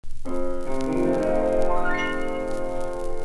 Borborygmi Medley.